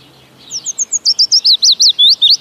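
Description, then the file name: Willow warbler singing: quiet high notes building into a loud, rapid string of sweet slurred whistles that drift lower. "Piecuszek"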